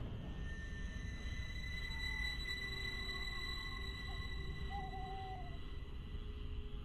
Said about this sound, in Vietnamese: Cách đó không xa, trong một lùm cây tối om như hũ nút, xung quanh bốn bề là tiếng cú kêu vang vọng.